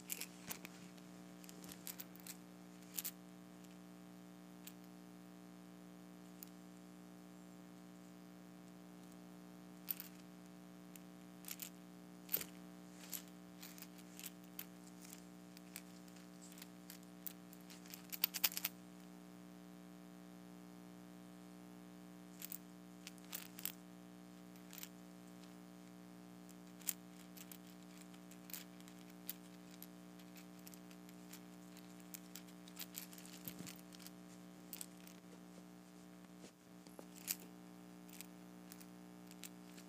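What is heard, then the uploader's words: Clam shells rattle inside a glass in sparse, sharp clicks, with a brief busier burst of clinking around eighteen seconds. A steady low hum runs underneath the whole time. Shaking a Glass of Clam Shells.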